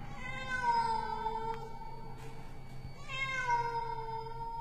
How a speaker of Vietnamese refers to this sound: Con mèo kêu lên phá tan màn đêm yên tĩnh.